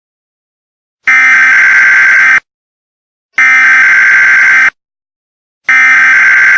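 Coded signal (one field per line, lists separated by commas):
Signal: Emergency Alert System (SAME) tones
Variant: header bursts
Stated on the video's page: Fictional EAS scenario set aboard an airplane during a solar flare.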